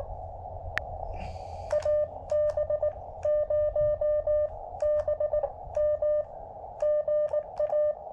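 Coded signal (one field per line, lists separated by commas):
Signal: Morse code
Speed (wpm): 18 wpm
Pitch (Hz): 590 Hz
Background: none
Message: AB0BM GA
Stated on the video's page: POTA activation on 15m with a KX2 and a DIY shortened base-loaded vertical antenna.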